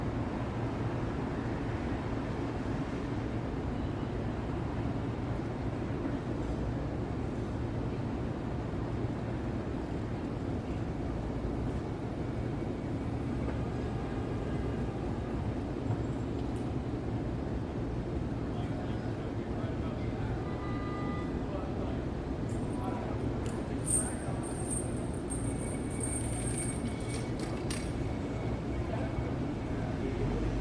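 A New York City night through an open window: a steady, dense low rumble of traffic holds at an even level throughout. Faint voices seem to surface now and then, a brief tone sounds near 21 seconds, and a thin high whine with light clicks appears around 24–27 seconds.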